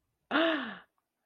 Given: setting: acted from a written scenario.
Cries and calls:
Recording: vocal sound without words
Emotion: elation

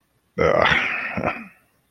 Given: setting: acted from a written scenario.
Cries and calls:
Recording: vocal sound without words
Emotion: contempt

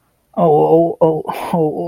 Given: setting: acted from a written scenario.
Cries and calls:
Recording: vocal sound without words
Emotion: pain

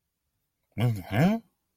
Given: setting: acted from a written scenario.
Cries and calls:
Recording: vocal sound without words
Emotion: confusion

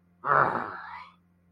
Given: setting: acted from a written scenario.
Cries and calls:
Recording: vocal sound without words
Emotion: anger

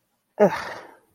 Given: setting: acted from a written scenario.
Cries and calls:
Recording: vocal sound without words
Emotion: contempt

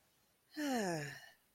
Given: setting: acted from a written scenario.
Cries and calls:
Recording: vocal sound without words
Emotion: contentment

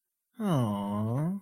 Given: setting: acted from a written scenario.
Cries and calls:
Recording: vocal sound without words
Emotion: adoration

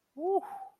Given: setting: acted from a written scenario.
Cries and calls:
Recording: vocal sound without words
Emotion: relief

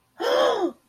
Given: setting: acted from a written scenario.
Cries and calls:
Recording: vocal sound without words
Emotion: positive surprise

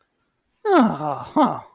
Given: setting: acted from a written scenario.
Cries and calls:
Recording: vocal sound without words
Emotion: relief

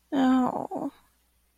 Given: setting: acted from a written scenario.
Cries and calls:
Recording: vocal sound without words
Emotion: sadness

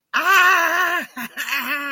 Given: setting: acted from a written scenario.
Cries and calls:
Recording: vocal sound without words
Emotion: fear

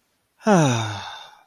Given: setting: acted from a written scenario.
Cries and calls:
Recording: vocal sound without words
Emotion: contentment

